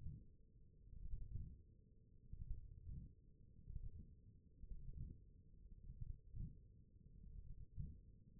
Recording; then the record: forearm muscle sounds (acoustic myography)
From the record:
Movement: wrist extension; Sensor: system 1, eight BSWA MPA416 microphones around the upper forearm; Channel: 1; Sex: male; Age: 21 years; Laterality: right